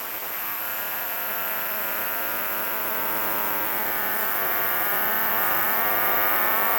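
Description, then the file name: New Forest cicada song: a continuous high buzzing held steadily throughout and slowly growing louder, over a broad background hiss. "montana"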